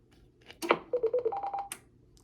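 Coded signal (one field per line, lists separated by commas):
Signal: roger beep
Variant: Stryker roger beep 2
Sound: key click, four quick low beeps, then a higher steady tone and a click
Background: radio static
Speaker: Now let's go to the next one.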